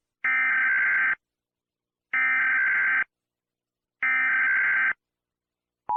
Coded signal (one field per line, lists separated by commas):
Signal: Emergency Alert System (SAME) tones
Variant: header bursts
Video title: EAS Scenario - The Happy Bear (Part 4) Collaboration with @pierosebastiani-eas